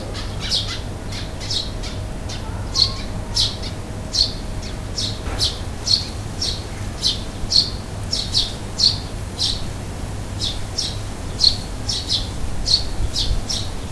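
Bird calls, a steady run of brief high chirping notes about twice a second, with a continuous low droning noise underneath.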